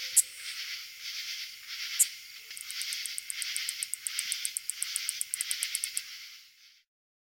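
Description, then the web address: Greater angle-winged katydid: a rapid series of sharp high ticks over a steady hiss. "Crickets and Katydids. Greater Anglewinged Katydid, Microcentrum rhombifolium"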